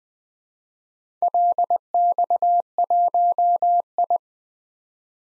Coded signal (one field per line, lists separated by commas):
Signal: Morse code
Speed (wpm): 20 wpm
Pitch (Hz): 700 Hz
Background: none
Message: LX1I